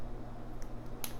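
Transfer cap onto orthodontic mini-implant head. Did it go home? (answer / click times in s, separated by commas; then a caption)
yes / 1.0 s. A plastic transfer/analog cap is pressed onto the head of an orthodontic mini-implant in a model or mouth, over a steady low hum. A faint tick at 0.6 s comes before one sharp, bright click at 1.0 s, when the cap snaps on and is seated.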